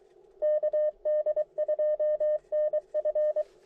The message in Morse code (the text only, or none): KD2NF